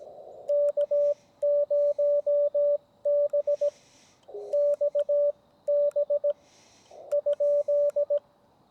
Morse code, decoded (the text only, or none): K0BXB ?